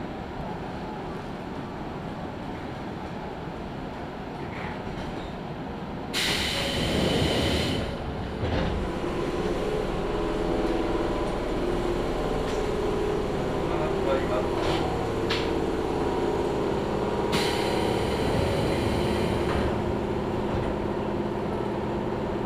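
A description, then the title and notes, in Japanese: Izuhakone Railway Daiyuzan Line train ride from Odawara to Daiyuzan: a steady low rumble of the carriage, with loud hissing bursts around seven and eighteen seconds. 伊豆箱根鉄道 大雄山線 小田原→大雄山。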